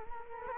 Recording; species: mosquito wingbeat signal from an infrared sensor; Culex quinquefasciatus